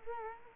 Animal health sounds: mosquito wingbeat signal from an infrared sensor; Culex quinquefasciatus

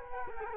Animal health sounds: mosquito wingbeat signal from an infrared sensor; Culex quinquefasciatus

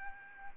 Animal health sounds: mosquito wingbeat signal from an infrared sensor; Aedes albopictus

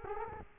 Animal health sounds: mosquito wingbeat signal from an infrared sensor; Culex quinquefasciatus

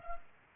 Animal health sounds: mosquito wingbeat signal from an infrared sensor; Culex pipiens

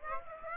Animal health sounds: mosquito wingbeat signal from an infrared sensor; Aedes aegypti

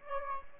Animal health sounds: mosquito wingbeat signal from an infrared sensor; Aedes aegypti

